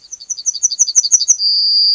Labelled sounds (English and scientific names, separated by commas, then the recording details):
Yellowhammer (Emberiza citrinella) song
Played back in grassland
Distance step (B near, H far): B
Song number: 121